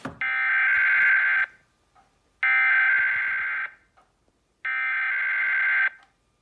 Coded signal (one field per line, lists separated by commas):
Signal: Emergency Alert System (SAME) tones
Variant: header bursts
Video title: EAS 678 Southern Nevada Required Monthly Test